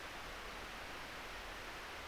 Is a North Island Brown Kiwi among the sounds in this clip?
no